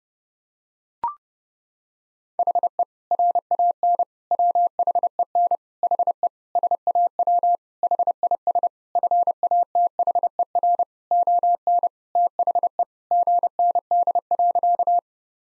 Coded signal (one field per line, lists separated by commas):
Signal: Morse code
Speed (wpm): 32 wpm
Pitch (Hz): 700 Hz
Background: none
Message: HE RAN WHEN HE SAW HIS FATHER ON THE GND.